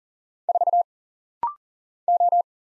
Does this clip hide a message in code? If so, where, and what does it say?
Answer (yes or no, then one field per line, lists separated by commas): yes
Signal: Morse code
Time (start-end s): 0.5-2.4 s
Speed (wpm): 39 wpm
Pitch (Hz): 700 Hz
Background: none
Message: 4 O